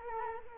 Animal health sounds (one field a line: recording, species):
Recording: mosquito wingbeat signal from an infrared sensor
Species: Culex quinquefasciatus